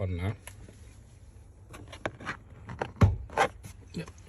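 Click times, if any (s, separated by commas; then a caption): 2.1 s. After a new bonnet latch and its release handle are fitted to the front end of a Seat Altea XL, someone talks as the release handle is pulled. The latch releases with a sharp click at 2.1 s, followed by a few more knocks and rustles. The bonnet opens and works fine.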